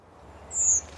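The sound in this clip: Redwing giving a single thin, very high seeep note, with faint low background rumble.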